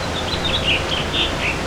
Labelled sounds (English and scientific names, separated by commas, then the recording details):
House Finch (Haemorhous mexicanus) song
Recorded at Patchogue on Long Island, New York, on 21 June 2013
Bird B